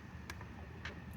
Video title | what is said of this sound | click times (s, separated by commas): (jetski wont rev up) 1993 Yamaha VXR PRO jetski ignition coil replacment | simply plug it back in till it clicks all right | 0.3 s